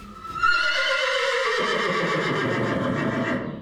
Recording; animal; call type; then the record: contact call of a hoofed animal; horse; whinny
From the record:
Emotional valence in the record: negative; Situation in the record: separation from one group member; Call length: 3.6 s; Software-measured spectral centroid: 2160 Hz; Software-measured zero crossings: 2620 a second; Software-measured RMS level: -24 dBFS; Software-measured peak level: -10 dBFS